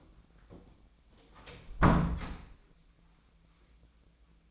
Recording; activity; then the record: daily activity, microphone in the room; close door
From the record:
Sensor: 1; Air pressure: 1009.2 hPa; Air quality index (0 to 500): 193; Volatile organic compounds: 4 ppm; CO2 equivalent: 1622 ppm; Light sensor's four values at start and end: 38/101/42/49 and 37/100/41/48